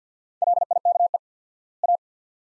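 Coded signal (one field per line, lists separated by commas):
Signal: Morse code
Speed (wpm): 50 wpm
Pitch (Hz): 700 Hz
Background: none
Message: LIKE A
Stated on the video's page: Morse practice drill of two-word sets at 50 wpm with 4x word spacing, a Farnsworth-like method applied to words.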